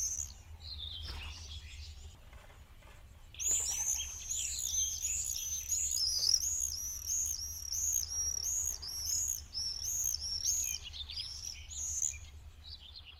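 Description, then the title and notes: Common Swifts giving shrill screeching calls, a dense run of rapid high screams after a quieter opening, over a steady low-frequency drone. "Tervapääsky. Juha Laaksonen"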